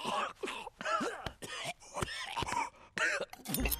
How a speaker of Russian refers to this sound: Король давится водой, Шрек проглатывает ложку.